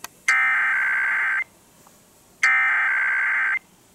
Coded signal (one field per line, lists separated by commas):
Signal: Emergency Alert System (SAME) tones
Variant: header bursts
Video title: Radio Explosions II: Pre-Christmas Blastoff! EAS Alerts from 12/21-22/22 (EAS 9392-9424)